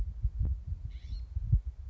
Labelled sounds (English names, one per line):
California Scrub-Jay